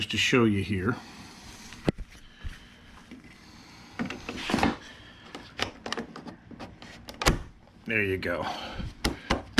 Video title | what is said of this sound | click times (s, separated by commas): 280ah cells into service part 2 | nice solid click | 9.6 s